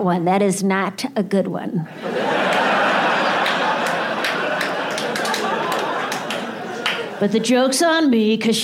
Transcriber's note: laughter